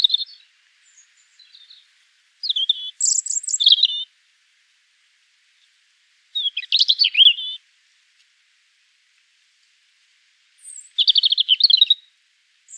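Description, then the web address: European Robin song: short, high, thin warbled phrases with sharp whistles, given in separate bursts several seconds apart against a silent background. "erithacus rubecula call"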